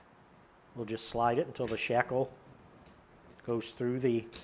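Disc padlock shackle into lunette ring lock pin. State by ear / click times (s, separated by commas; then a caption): not seated / none. A disc-style padlock is being slid onto a Blaylock Industries BLTL-60 lunette ring lock so that its steel shackle will pass through the pin. Someone talks throughout, and no distinct mechanical sounds are heard. Nothing has seated or clicked yet.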